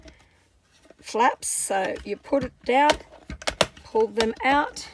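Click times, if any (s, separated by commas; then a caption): none. Someone talks while the small plastic stabilizing flaps on the base of a mini Stampin' Cut & Emboss die-cutting and embossing machine are folded down and pulled out so the machine won't move. A cluster of short, sharp handling sounds occurs between about 3.3 and 3.8 seconds. The clip ends before the flaps lock into place, so nothing has seated or clicked yet.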